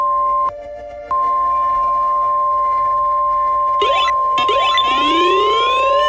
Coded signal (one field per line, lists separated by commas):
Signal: Emergency Alert System (SAME) tones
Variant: 1050 Hz attention tone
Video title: EAS Scenario 7|| Tornado Emergency 1 : The Tulsa Incident